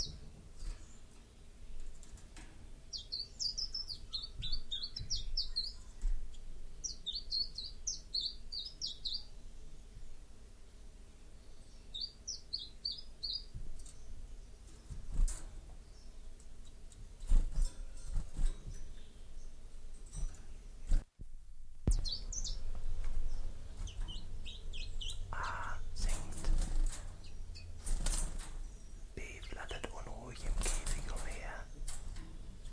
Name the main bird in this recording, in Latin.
Phylloscopus collybita